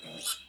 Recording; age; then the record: pig call; piglet (1 to 25 days)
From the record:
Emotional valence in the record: negative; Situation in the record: castration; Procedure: castration, fixation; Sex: male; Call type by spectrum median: high-frequency call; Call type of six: mixed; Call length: 0.49 s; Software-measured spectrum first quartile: 3228 Hz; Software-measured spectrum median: 6182 Hz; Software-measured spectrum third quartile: 9868 Hz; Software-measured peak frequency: 3469 Hz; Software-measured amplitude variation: 113 dB a second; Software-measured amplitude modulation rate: 17.4 a second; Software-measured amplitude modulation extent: 6.5 dB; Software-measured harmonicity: 0.0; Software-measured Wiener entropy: -2.34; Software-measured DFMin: 913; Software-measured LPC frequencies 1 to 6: 1391, 2762, 3299, 3918, 5314, 6945 Hz